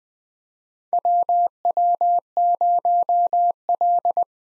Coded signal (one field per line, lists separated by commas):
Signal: Morse code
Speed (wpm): 21 wpm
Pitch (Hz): 700 Hz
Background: none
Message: WW0L